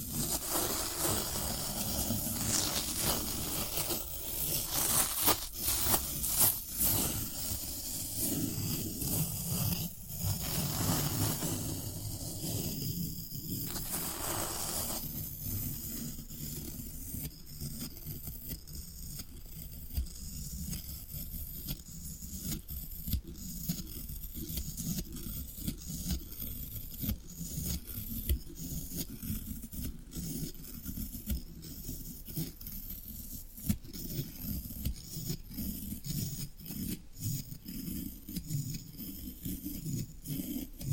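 Floral foam being handled, with dense crunching, scraping and crumbling textures throughout. The first fifteen seconds are busier and brighter, with sharp cracks near 6 and 13 seconds, then the sound settles into a steadier, softer crumbling patter with occasional crisp snaps.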